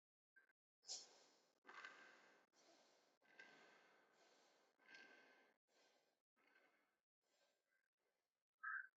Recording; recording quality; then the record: shallow breathing; excellent, no background noise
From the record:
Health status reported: healthy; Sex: female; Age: 28 years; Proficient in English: yes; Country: India